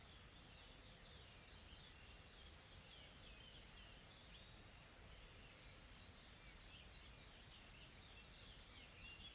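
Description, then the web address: Insects, continuous high-pitched buzzing throughout, with soft scattered chirps coming and going. Calm, soft insect sounds in a tropical forest in South Africa. "Smart Sound FX - Nature South Africa AMBIENCE Additional Tropical Forest Soft Insects Calm"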